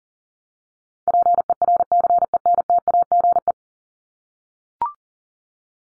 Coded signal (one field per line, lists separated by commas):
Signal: Morse code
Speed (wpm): 40 wpm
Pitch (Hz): 700 Hz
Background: none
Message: PERCENTAGE